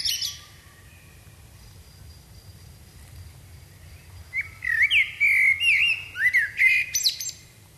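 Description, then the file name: Common blackbird song: a fluty warbling phrase of swooping notes that ends with high-pitched squeaky flourishes. "Turdus merula"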